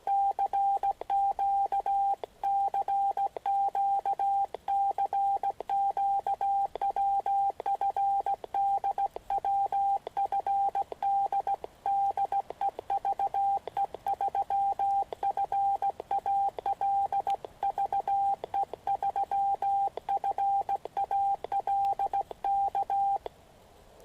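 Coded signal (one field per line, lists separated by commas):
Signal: Morse code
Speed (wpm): 17 wpm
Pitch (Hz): 790 Hz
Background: radio noise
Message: CQ CQ CQ WFD WFD DE VE3FAL VE3FAL K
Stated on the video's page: Winter Field Day 2016 operation.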